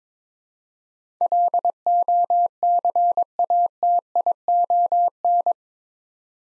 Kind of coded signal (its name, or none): Morse code